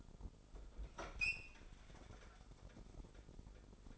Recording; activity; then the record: daily activity, microphone in the room; open fridge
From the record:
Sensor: 5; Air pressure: 988.6 hPa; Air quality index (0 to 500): 219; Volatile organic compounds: 126 ppm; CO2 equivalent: 3907 ppm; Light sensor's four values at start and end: 41/127/49/53 and 42/126/49/53